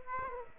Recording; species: mosquito wingbeat signal from an infrared sensor; Aedes aegypti